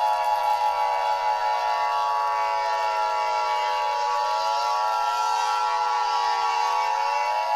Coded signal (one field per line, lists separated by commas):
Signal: Emergency Alert System (SAME) tones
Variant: 853 and 960 Hz attention tone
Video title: The Grinch (An EAS Christmas Special)